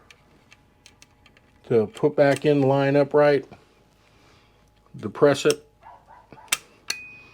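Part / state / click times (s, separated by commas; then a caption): gas tube/regulator into rifle gas block / seated / 6.5 s. A gas tube/regulator on a Sig 556 rifle is lined up upright, depressed and rotated into the rifle's gas block during reassembly while someone talks. A sharp metallic click at 6.5 s marks it locking into place, followed by another sharp sound at 6.9 s with a brief ringing tone.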